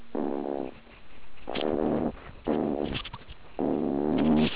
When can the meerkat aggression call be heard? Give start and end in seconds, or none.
0.15-0.70, 2.46-2.97, 3.58-4.48